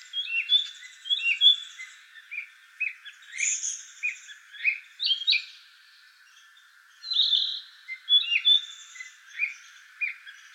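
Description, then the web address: Narcissus flycatcher singing a varied run of short whistled and slurred notes, some rising and some falling, in phrases separated by a brief pause midway. Recorded 9 April 2019. "birdenaga kibitaki"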